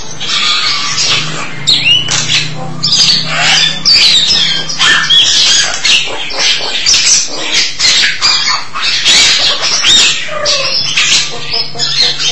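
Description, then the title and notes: Starling song, long and unbroken: grating chatter, clicks and high squeaky whistles tumbling over one another with barely a break. "suara burung jalak"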